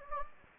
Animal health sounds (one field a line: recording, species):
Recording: mosquito wingbeat signal from an infrared sensor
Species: Anopheles gambiae